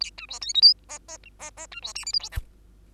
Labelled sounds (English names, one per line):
Bengalese Finch song